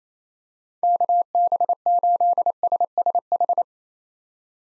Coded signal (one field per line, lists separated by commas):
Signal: Morse code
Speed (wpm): 28 wpm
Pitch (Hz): 700 Hz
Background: none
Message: KB8SSH